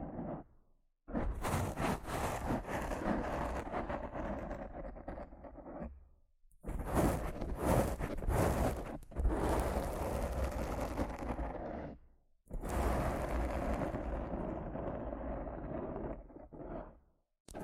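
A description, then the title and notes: Rough scratching and brushing against a microphone, coming in loud bursts of a few seconds each with short silent gaps near 1, 6, 9 and 12.5 seconds. The rasping is gritty and dense, carrying a heavy low rumble beneath a hissy top. ASMR Rough Mic Scratching & Brushing (No Talking).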